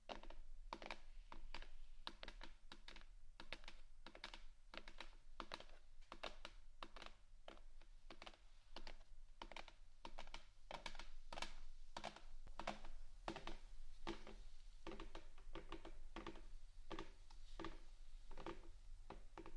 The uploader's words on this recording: ASMR Scratchtap On Various Items （No Talking）.